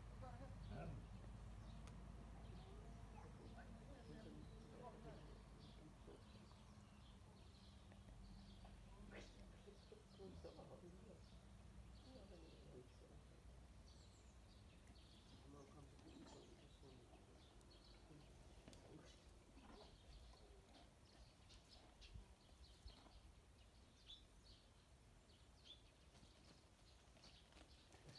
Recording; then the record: sound track of a video of a horse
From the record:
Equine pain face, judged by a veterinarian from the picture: present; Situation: after eating a carrot, before or after surgery for tooth resorption and hypercementosis (EOTRH)